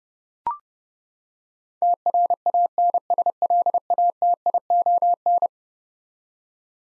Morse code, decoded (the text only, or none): TRANSLATION